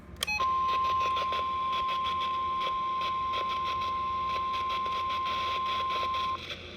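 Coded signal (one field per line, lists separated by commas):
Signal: Emergency Alert System (SAME) tones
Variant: 1050 Hz attention tone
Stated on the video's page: Required weekly test from SGX, with repeated static noises.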